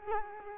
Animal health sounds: mosquito wingbeat signal from an infrared sensor; Culex quinquefasciatus

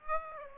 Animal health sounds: mosquito wingbeat signal from an infrared sensor; Aedes aegypti

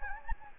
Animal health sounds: mosquito wingbeat signal from an infrared sensor; Anopheles gambiae

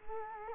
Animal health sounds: mosquito wingbeat signal from an infrared sensor; Culex quinquefasciatus

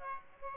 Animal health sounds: mosquito wingbeat signal from an infrared sensor; Aedes aegypti

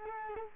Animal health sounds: mosquito wingbeat signal from an infrared sensor; Culex quinquefasciatus

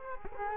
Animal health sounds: mosquito wingbeat signal from an infrared sensor; Culex quinquefasciatus

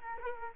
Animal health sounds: mosquito wingbeat signal from an infrared sensor; Culex quinquefasciatus

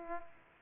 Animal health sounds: mosquito wingbeat signal from an infrared sensor; Culex pipiens

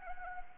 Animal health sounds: mosquito wingbeat signal from an infrared sensor; Anopheles arabiensis

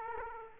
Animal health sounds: mosquito wingbeat signal from an infrared sensor; Aedes aegypti

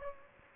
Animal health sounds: mosquito wingbeat signal from an infrared sensor; Aedes aegypti

